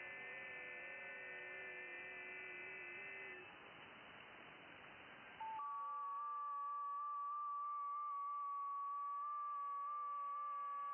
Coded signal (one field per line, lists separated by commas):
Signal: FT8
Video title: Can I Hear You? 28 MHz FT8 DX to Europe!